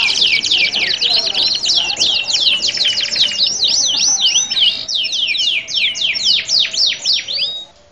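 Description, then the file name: Canary song: a fast, high, continuous stream of looping down-slurred whistles and rolling trills, ending in a run of distinct swooping notes, about four each second, before it fades. Simulated standard-class canary singing contest. "audio simulasi lomba kenari standar. omkicau"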